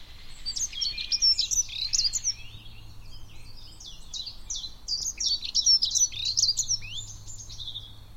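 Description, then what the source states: Dunnock singing a fast, jumbled warble of high, thin squeaky notes in two phrases, over a faint low background hum. Recorded on Rammamere Heath.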